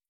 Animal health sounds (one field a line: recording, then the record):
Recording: hydrophone in a shrimp aquaculture tank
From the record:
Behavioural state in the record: starved